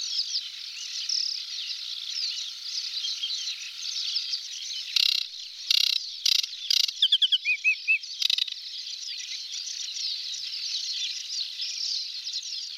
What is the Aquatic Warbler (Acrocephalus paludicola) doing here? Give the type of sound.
song